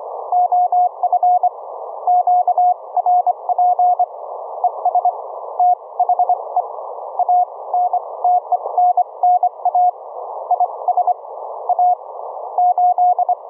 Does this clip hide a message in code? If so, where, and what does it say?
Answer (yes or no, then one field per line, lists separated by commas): yes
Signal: Morse code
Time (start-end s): 0.3-13.3 s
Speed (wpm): 25 wpm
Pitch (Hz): 720 Hz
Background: none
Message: OF QRP ES THE ANTENNA IS A 8